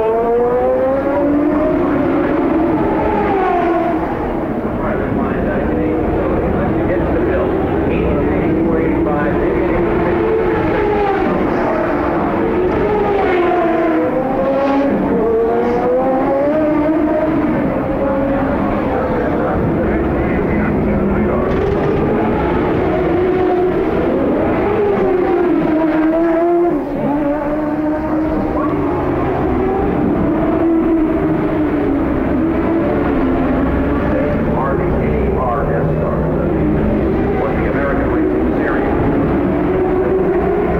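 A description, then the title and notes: IndyCar racing around a street circuit, heard from trackside as a dense, continuous roar of engines. Rising and falling engine pitches overlap constantly, with cars passing every few seconds, and a steady low rumble underneath throughout. The Sounds of CART IndyCar at Detroit, 1990. Trackside sounds of the CART IndyCar Series as it raced around downtown Detroit on the former Formula 1 circuit. There’s also the distinct grunt and wail from the 3.4-liter single-turbo Buicks in action around the tight 2.5-mile street layout.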